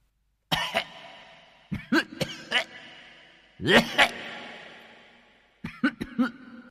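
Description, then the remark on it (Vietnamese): A voice imitates coughing on an empty, sound-dampened professional stage: three bursts of sharp, harsh coughs separated by short pauses, each burst trailing off with a ringing echo. “Chả nói năng gì chứ ho. Ho thôi.”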